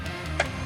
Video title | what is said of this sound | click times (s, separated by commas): La solución trifásica - Puesta en marcha | when you hear a click the terminal strip is properly engaged | 0.4 s